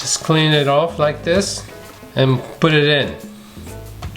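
Someone talks while handling a part, likely the pinion, being readied to push onto the wiped-clean motor shaft of a Forza 450 RC helicopter, with faint handling taps near the end. Nothing has seated or clicked onto the shaft yet.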